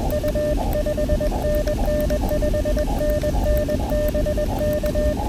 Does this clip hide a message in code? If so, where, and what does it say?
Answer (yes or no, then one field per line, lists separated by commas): yes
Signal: Morse code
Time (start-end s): 0.1-5.1 s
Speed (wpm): 20 wpm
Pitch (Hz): 590 Hz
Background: none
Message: U 5NN 5NN BK